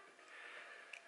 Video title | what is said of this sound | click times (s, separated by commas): How to Bind a LemonRX DSM2 8 Channel receiver with Satellite to Spektrum Radio | plug it in and it's going to click into place it's a very solid connection | 0.9 s